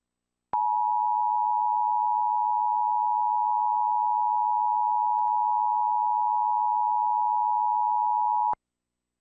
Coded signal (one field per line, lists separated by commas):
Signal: Emergency Alert System (SAME) tones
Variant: 853 and 960 Hz attention tone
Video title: LOGO HISTORY #501 - Xerox, Sky Uno, Sky TG24 & Emergency Alert System